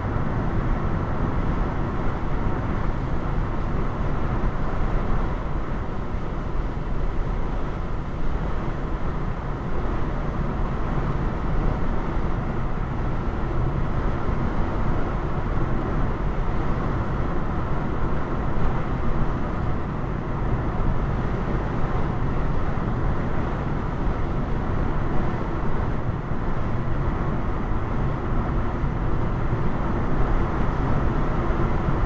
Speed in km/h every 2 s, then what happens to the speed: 103, 103, 103, 103, 103, 103, 103, 103, 105, 105, 105, 105, 105, 105, 105, 105.
0-32 steady at about 103.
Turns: none.